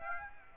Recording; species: mosquito wingbeat signal from an infrared sensor; Aedes aegypti